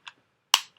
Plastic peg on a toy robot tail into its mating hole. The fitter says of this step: in and you'll hear that snap so let me do it again